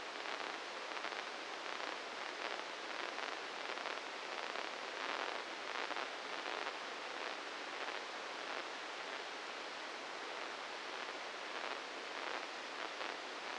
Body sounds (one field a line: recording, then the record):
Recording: brain microelectrode recording played as sound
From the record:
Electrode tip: inside the subthalamic nucleus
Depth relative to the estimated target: -2 mm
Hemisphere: right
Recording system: NeuroSet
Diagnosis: Parkinson's disease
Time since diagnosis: 10 years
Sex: male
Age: 56 years